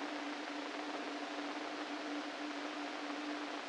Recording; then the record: brain microelectrode recording played as sound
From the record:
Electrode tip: inside the subthalamic nucleus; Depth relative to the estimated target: 0 mm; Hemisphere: right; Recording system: NeuroSet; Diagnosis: Parkinson's disease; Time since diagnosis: 13 years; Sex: male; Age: 49 years